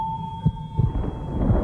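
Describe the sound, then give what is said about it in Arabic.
Low, muffled heartbeat thumps of a frightened man standing in an elevator pulse at a steady pace, about three beats, over a constant high electronic hum and a dark rumbling drone. “معقول دي دقات قلبي انا؟”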